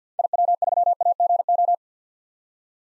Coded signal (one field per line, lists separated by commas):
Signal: Morse code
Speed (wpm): 50 wpm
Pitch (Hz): 700 Hz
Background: none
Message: IW3AGO